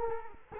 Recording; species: mosquito wingbeat signal from an infrared sensor; Culex quinquefasciatus